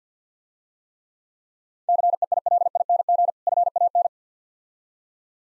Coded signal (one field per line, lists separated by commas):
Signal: Morse code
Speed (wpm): 53 wpm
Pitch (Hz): 700 Hz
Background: none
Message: CEILING FAN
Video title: Easy Words - Speed-Racing with Hints - 50wpm